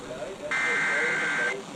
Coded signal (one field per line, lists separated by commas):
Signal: Emergency Alert System (SAME) tones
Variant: header bursts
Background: speech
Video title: More May SVRs | EAS #445-453 (Severe Weather Alerts from 5/7/2024)